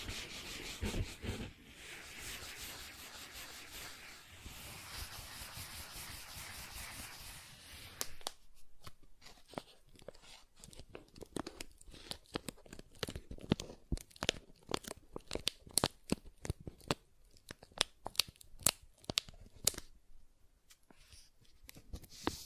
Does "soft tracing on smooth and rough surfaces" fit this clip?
yes